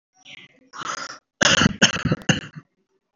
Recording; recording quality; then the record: shallow voluntary cough; excellent, no background noise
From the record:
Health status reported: exposed to COVID-19, no respiratory illness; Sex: male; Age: 22 years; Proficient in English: yes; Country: India